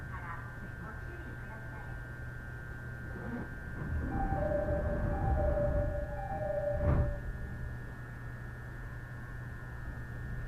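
Riding a rapid train on the Uchibo Line from Chiba to Kisarazu: a steady low rumble runs throughout under a thin, constant high tone. From about 4 to 7 seconds the rumble swells and a pair of whining tones sounds, ending with a sharp knock near 7 seconds.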